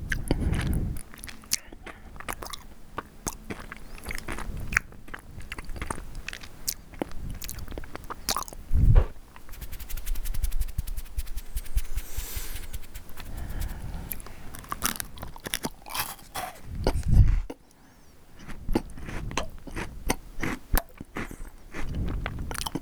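Food being eaten, with a steady run of crisp chewing and crunching bites throughout. Sharp, bright clicks and crackles come in dense, irregular bursts, with heavier thumps near 9 and 17 seconds and a brief quieter pause just after 17 seconds.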